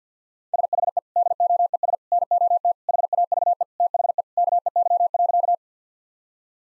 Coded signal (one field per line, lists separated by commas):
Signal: Morse code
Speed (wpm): 50 wpm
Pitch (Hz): 700 Hz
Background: none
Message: SHE DOES NOT HAVE THE KEY.